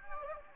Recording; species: mosquito wingbeat signal from an infrared sensor; Anopheles gambiae